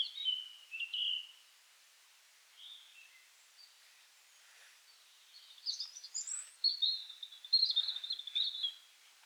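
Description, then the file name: European robin song: a few short high phrases, a quiet pause with faint notes, then a longer bright, rippling warble. "Erithacus rubecula"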